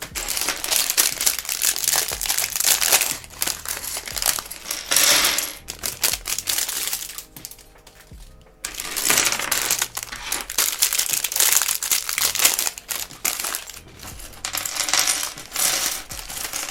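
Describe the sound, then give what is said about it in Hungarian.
A small plastic packet, the fourth of 24 bags from a building set, is torn open and unwrapped, with steady loud crinkling and rustling, a brief pause midway, and small hard pieces clicking and rattling inside. No one speaks. “Na, most bontottam ki a 4-es zacskót, hogyha minden igaz.”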